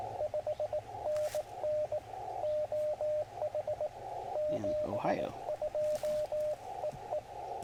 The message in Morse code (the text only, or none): 5NN OH 72 EE